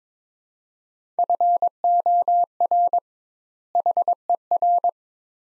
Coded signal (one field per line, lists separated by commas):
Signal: Morse code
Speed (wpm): 22 wpm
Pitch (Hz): 700 Hz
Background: none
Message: FOR HER